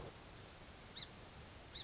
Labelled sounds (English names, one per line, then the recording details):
Song Sparrow
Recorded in Sonoma County, California